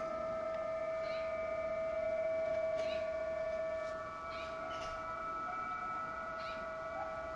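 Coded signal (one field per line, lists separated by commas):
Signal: PSK31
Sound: several steady warbling narrow tones at once, strongest low one, over hiss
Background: radio static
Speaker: let's go ahead and click another station here I'm not transmitting now because I'm using a dipole for 18 meters so I'm just receiving the signals on 20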